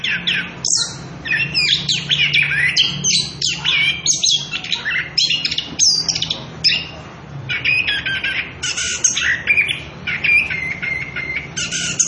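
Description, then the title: Continuous Orange-headed thrush song: dense bursts of sharp whistles, buzzy notes and trills, with a longer level whistle near the end, over a low background hum. Energetic continuous singing (ngerol) at high volume, used as a lure and training recording for young birds (trotolan). "Anis Kembang Gacor. pancingan anis kembang ngerol edan volume dasyattt cocok buat masteran trotolan"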